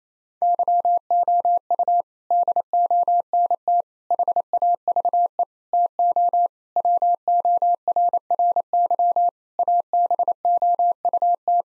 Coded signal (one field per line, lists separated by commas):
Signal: Morse code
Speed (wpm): 28 wpm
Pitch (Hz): 700 Hz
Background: none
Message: YOU DONT HAVE TO WORRY ABOUT